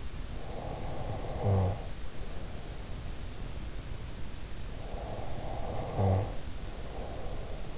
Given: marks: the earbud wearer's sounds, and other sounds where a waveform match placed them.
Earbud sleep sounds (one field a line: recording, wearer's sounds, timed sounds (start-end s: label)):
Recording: sounds in sleep by an in-ear microphone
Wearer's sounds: snoring breath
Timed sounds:
0.39-2.92 s: snoring breath
4.85-7.78 s: snoring breath